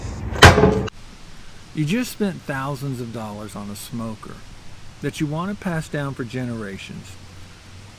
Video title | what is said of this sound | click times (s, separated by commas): Don’t buy an expensive smoker until you see this video: Watch before you spend the money !! | you can hear the thunk of when metal is locking into place | 0.4 s